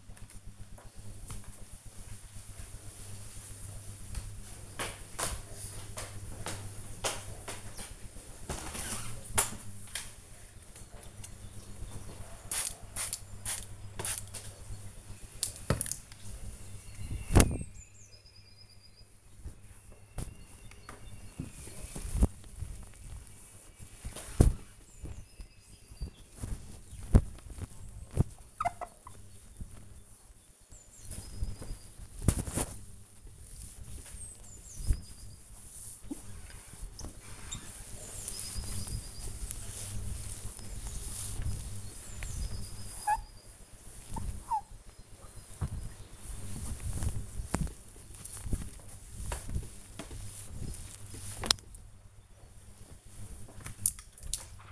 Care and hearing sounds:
household activities, microphone on the right wrist
7.50-54.72 s: window cleaning

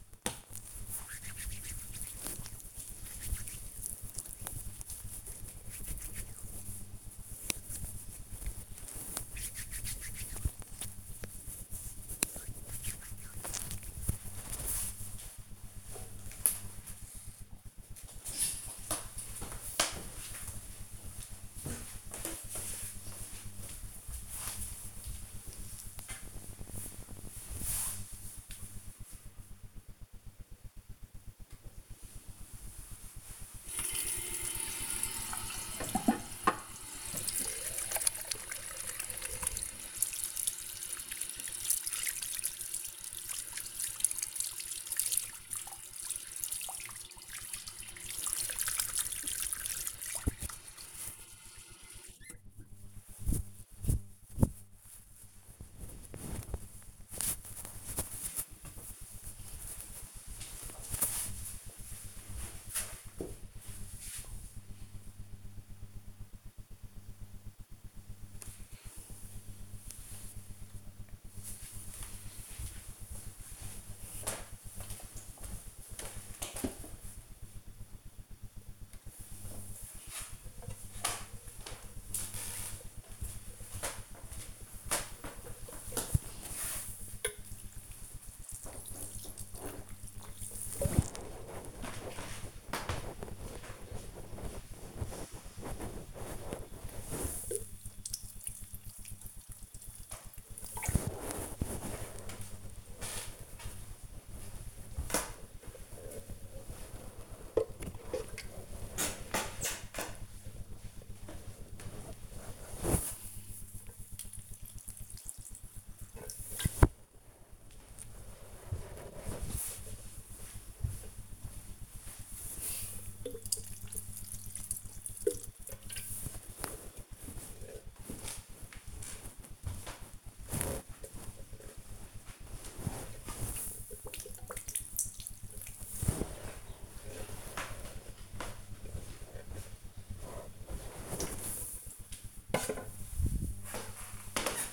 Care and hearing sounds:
household activities, microphone on the right wrist
0.00-13.89 s: cream hands
31.06-54.24 s: washing hands
78.44-140.94 s: watering plant

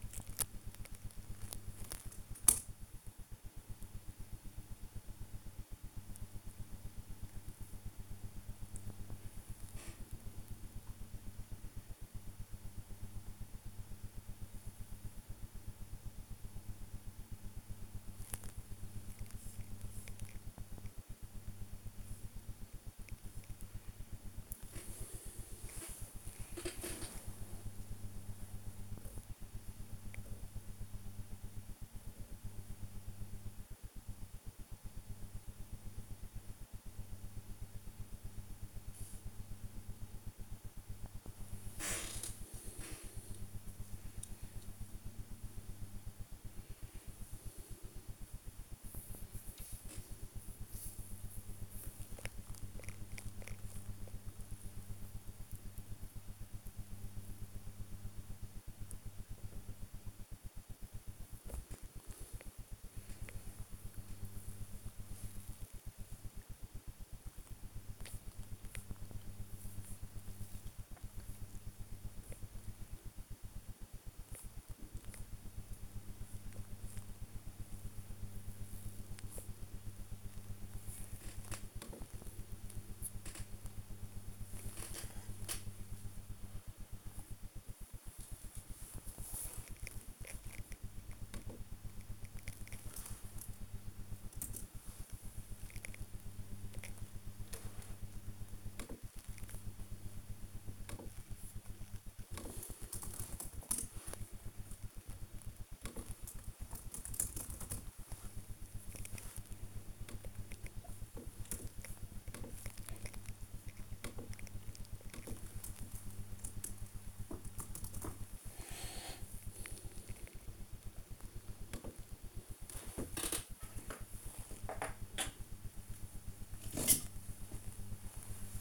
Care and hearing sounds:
household activities, microphone on the right wrist
0.00-98.31 s: working on the computer
121.42-128.61 s: build with lego

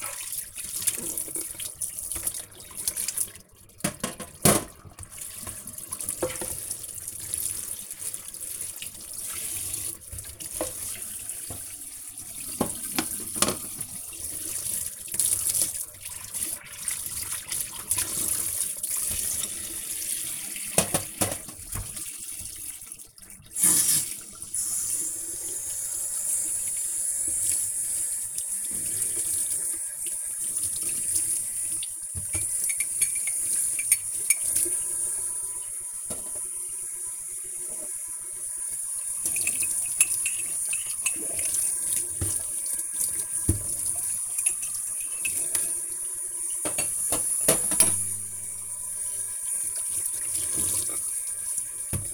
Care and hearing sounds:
household activities, microphone on the right wrist
0.00-52.14 s: washing dishes

